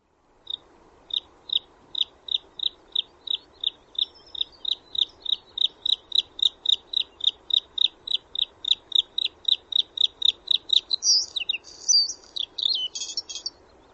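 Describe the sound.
Bird calling in a long series of short, high chirps, roughly three per second, ending in a burst of jumbled twittering notes over a steady low background hum.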